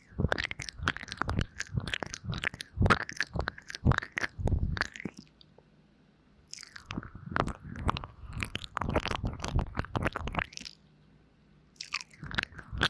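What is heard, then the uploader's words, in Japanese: Deep ear licking: wet, smacking mouth sounds come in dense bursts of rapid clicks and squishes, crisp and bright at the top. The sounds run for about five seconds, pause, resume from around seven to eleven seconds, then stop briefly before a final short burst. 吃掉你的耳朵。口腔音。Deep Ear Licking。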